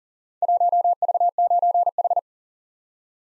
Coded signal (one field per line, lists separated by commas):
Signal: Morse code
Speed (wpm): 42 wpm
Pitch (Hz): 700 Hz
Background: none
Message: 1V9H